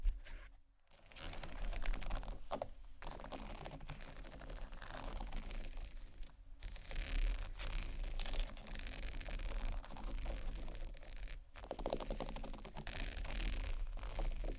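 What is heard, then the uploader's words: Textured bags are tapped and scratched in dense, continuous rustling with frequent sharp clicks, briefly pausing near one, six and eleven seconds. ASMR TEXTURED BAGS TAP & SCRATCH (No Talking).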